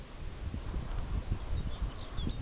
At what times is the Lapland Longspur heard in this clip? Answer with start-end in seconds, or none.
1.34-2.42